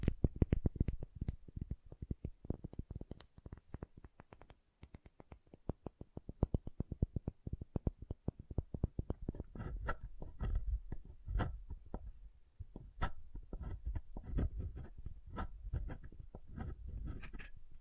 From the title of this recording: SoftHard Soap Tapping and Carving